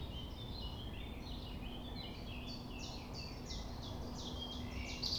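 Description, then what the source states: Common nightingale song: a soft run of repeated chirping notes, with a low hum and constant rumble. Recorded at 6 A.M. at sunrise near the Thève, Champ de Ménage; the nightingale sings without waiting for silence.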